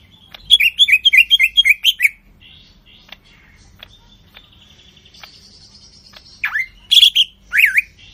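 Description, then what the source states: Bird song opening with a rapid loud series of wavering whistled notes, then quiet soft ticks and a thin held tone, ending with a few strong swooping whistles. Ringtone of a bird with a melodious voice.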